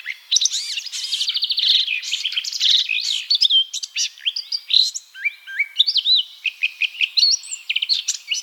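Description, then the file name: Eurasian blackcap song: a fast trilled chatter at first, then more spaced, clear fluty whistled notes rising and falling. "Sylvia atricapilla"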